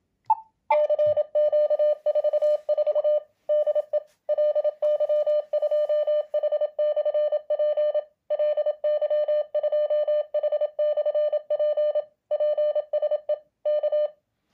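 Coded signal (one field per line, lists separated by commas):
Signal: Morse code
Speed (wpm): 27 wpm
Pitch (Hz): 600 Hz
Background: radio noise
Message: CQ44 DE LY2H/P LY2H/P PSE K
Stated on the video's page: CW from an Elecraft KX2 at full 10W into a dummy load.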